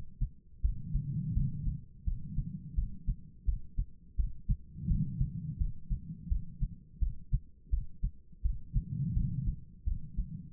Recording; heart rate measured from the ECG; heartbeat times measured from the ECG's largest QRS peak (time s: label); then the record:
heart sounds by stethoscope; 85 bpm
0.62 s: heartbeat
1.34 s: heartbeat
2.05 s: heartbeat
2.75 s: heartbeat
3.46 s: heartbeat
4.17 s: heartbeat
4.88 s: heartbeat
5.58 s: heartbeat
6.29 s: heartbeat
7.00 s: heartbeat
7.71 s: heartbeat
8.43 s: heartbeat
9.14 s: heartbeat
9.85 s: heartbeat
From the record:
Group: healthy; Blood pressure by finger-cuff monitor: 111/80 mmHg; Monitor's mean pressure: 94 mmHg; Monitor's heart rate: 83 bpm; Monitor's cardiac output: 4.8 L/min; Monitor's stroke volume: 57 mL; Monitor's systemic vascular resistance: 1430 dyn s/cm5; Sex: female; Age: 51 years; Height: 162 cm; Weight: 70.04 kg